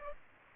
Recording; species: mosquito wingbeat signal from an infrared sensor; Aedes aegypti